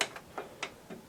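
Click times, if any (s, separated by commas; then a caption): none. A Gigabyte AMD Radeon HD 6850 graphics card is lined up with a motherboard PCIe slot and pushed down with pressure. A sharp tap opens the clip, followed by lighter ticking knocks at about 0.2, 0.4, 0.6 and 0.9 seconds. The card has not seated and the slot's retention latch has not clicked yet.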